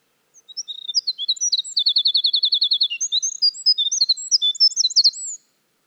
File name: Winter Wren